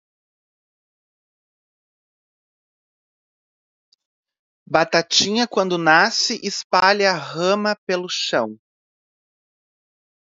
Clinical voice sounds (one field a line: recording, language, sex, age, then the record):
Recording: short text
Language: Brazilian Portuguese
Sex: male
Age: 40 to 49 years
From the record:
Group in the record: control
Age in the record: 45 years